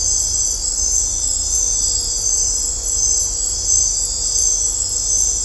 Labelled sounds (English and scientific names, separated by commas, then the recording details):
none
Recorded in dense forest near Puerto Asís, Putumayo, Colombia, on 16 December 2024 at 20:30
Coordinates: 0.503, -76.323
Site G043